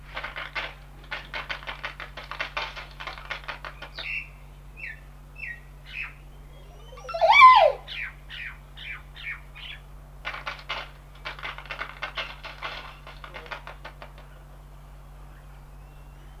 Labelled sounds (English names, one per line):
Montezuma Oropendola call